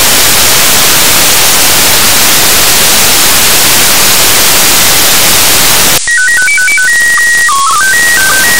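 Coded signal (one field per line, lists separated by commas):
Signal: SSTV (slow-scan television)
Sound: six seconds of hiss, then a stepping tone melody and calibration header beeps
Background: radio static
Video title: 04.08.2019 13:37UTC, ISS SSTV online capture, local loop2, 145.800MHz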